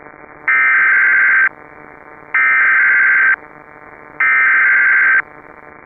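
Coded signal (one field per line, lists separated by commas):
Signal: Emergency Alert System (SAME) tones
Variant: header bursts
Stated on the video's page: Fictional EAS scenario.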